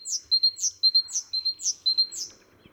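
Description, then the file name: Great tit giving a fast, continuous series of about five bright phrases, each two short high ticks followed by a sharp falling note. "Parus major"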